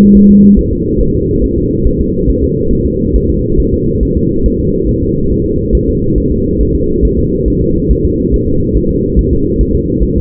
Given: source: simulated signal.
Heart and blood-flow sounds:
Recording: fetal heart sounds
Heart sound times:
0.17 s: S1
0.31 s: S2
0.59 s: S1
0.73 s: S2
1.01 s: S1
1.15 s: S2
1.44 s: S1
1.58 s: S2
1.87 s: S1
2.01 s: S2
2.30 s: S1
2.44 s: S2
2.73 s: S1
2.87 s: S2
3.16 s: S1
3.30 s: S2
3.60 s: S1
3.74 s: S2
4.03 s: S1
4.17 s: S2
4.46 s: S1
4.60 s: S2
4.89 s: S1
5.03 s: S2
5.32 s: S1
5.46 s: S2
5.75 s: S1
5.89 s: S2
6.18 s: S1
6.32 s: S2
6.61 s: S1
6.75 s: S2
7.05 s: S1
7.19 s: S2
7.48 s: S1
7.62 s: S2
7.91 s: S1
8.05 s: S2
8.34 s: S1
8.48 s: S2
8.77 s: S1
8.91 s: S2
9.19 s: S1
9.33 s: S2
9.61 s: S1
9.75 s: S2
10.03 s: S1
10.17 s: S2
From the record:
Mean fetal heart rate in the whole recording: 140 bpm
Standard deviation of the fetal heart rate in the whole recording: 2 bpm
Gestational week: 34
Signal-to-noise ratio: -15.3 dB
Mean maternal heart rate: 72 bpm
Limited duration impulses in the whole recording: present

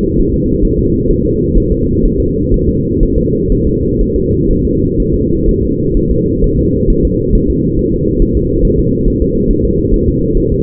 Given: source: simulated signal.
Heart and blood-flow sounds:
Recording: fetal heart sounds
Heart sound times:
0.20 s: S1
0.34 s: S2
0.65 s: S1
0.79 s: S2
1.11 s: S1
1.25 s: S2
1.57 s: S1
1.72 s: S2
2.05 s: S1
2.20 s: S2
2.54 s: S1
2.69 s: S2
3.03 s: S1
3.18 s: S2
3.52 s: S1
3.67 s: S2
4.01 s: S1
4.16 s: S2
4.51 s: S1
4.65 s: S2
5.00 s: S1
5.14 s: S2
5.49 s: S1
5.63 s: S2
5.97 s: S1
6.11 s: S2
6.44 s: S1
6.59 s: S2
6.90 s: S1
7.05 s: S2
7.35 s: S1
7.50 s: S2
7.79 s: S1
7.94 s: S2
8.22 s: S1
8.37 s: S2
8.65 s: S1
8.80 s: S2
9.08 s: S1
9.22 s: S2
9.51 s: S1
9.65 s: S2
9.94 s: S1
10.08 s: S2
10.37 s: S1
10.52 s: S2
From the record:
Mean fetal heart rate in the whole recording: 130 bpm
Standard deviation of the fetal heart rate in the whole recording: 4 bpm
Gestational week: 38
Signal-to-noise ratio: -14.7 dB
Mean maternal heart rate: 72 bpm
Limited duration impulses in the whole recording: present

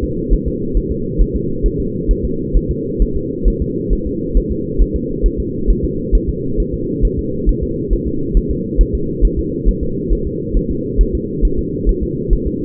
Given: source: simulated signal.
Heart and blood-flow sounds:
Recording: fetal heart sounds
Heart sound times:
0.04 s: S2
0.34 s: S1
0.48 s: S2
0.77 s: S1
0.92 s: S2
1.21 s: S1
1.36 s: S2
1.66 s: S1
1.80 s: S2
2.11 s: S1
2.25 s: S2
2.57 s: S1
2.71 s: S2
3.02 s: S1
3.17 s: S2
3.48 s: S1
3.62 s: S2
3.93 s: S1
4.07 s: S2
4.37 s: S1
4.52 s: S2
4.82 s: S1
4.96 s: S2
5.26 s: S1
5.40 s: S2
5.70 s: S1
5.85 s: S2
6.15 s: S1
6.29 s: S2
6.60 s: S1
6.74 s: S2
7.05 s: S1
7.19 s: S2
7.49 s: S1
7.63 s: S2
7.93 s: S1
8.07 s: S2
8.37 s: S1
8.51 s: S2
8.81 s: S1
8.95 s: S2
9.25 s: S1
9.39 s: S2
9.69 s: S1
9.83 s: S2
10.13 s: S1
10.27 s: S2
10.57 s: S1
10.71 s: S2
11.01 s: S1
11.15 s: S2
11.45 s: S1
11.59 s: S2
11.89 s: S1
12.03 s: S2
12.33 s: S1
12.47 s: S2
From the record:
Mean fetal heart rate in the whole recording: 135 bpm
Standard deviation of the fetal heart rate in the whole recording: 3 bpm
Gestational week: 36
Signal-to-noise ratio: -6.6 dB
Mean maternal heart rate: 72 bpm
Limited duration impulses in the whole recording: present

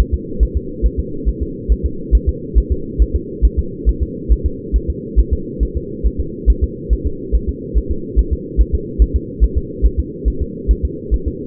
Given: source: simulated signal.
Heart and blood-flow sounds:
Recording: fetal heart sounds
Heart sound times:
0.00 s: S1
0.14 s: S2
0.43 s: S1
0.57 s: S2
0.86 s: S1
1.00 s: S2
1.29 s: S1
1.42 s: S2
1.72 s: S1
1.86 s: S2
2.15 s: S1
2.29 s: S2
2.58 s: S1
2.72 s: S2
3.02 s: S1
3.16 s: S2
3.45 s: S1
3.59 s: S2
3.89 s: S1
4.03 s: S2
4.32 s: S1
4.46 s: S2
4.76 s: S1
4.90 s: S2
5.19 s: S1
5.33 s: S2
5.63 s: S1
5.77 s: S2
6.06 s: S1
6.20 s: S2
6.50 s: S1
6.64 s: S2
6.93 s: S1
7.07 s: S2
7.35 s: S1
7.49 s: S2
7.77 s: S1
7.91 s: S2
8.19 s: S1
8.33 s: S2
8.61 s: S1
8.75 s: S2
9.02 s: S1
9.16 s: S2
9.44 s: S1
9.57 s: S2
9.86 s: S1
10.00 s: S2
10.28 s: S1
10.42 s: S2
10.71 s: S1
10.85 s: S2
11.14 s: S1
11.28 s: S2
From the record:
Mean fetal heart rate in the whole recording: 140 bpm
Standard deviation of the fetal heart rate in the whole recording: 2 bpm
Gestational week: 34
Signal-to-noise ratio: -4.3 dB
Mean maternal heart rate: 72 bpm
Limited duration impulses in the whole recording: present

